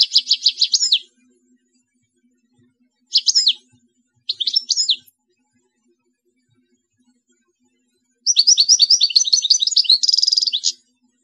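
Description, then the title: European goldfinch singing rapid tinkling trills and twitters, short phrases at the start and middle, then a long liquid jumbled stretch ending in a buzzy note. "Chant Chardonneret"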